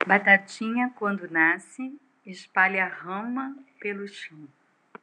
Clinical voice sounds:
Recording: short text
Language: Brazilian Portuguese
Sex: female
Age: 50 to 59 years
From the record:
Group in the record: control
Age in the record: 57 years

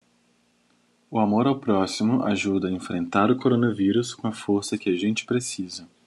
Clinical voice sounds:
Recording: spoken sentence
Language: Brazilian Portuguese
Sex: male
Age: 20 to 29 years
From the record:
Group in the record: control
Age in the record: 24 years

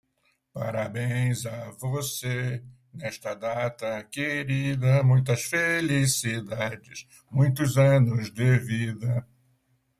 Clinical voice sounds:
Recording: short text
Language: Brazilian Portuguese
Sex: male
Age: 70 to 79 years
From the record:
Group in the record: control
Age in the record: 72 years

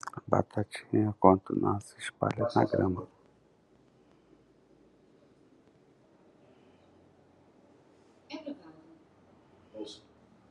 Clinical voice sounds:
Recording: short text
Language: Brazilian Portuguese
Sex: male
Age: 60 to 69 years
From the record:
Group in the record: control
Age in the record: 68 years

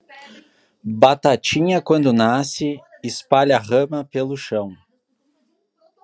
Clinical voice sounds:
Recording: short text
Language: Brazilian Portuguese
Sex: male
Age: 30 to 39 years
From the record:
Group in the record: control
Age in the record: 39 years

